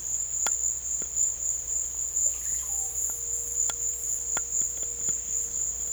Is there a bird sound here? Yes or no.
no